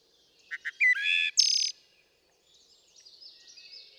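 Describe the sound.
Wood thrush song: two soft low notes, then a fluting phrase and a buzzy high trill, followed by faint bird chatter.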